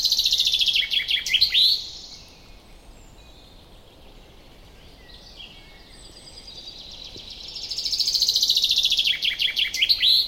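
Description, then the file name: Common chaffinch singing twice, each song a cascading run of rapid high notes ending in a flourish, with a pause of several seconds between. "Fringilla coelebs"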